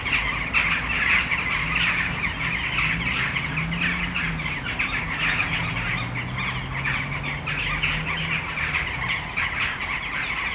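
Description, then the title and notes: Western jackdaws giving many short, harsh chack notes at once, a continuous clamour, over a faint low hum. Flock in a tree full of jackdaws, Malinovského náměstí, Brno city center, Czech Republic, at sunset. "Malinovského nám. 571/1, 602 00 Brno-střed-Brno-město, Česko - Western jackdaws at sunset. A tree full of jackdaws in the city center of Brno"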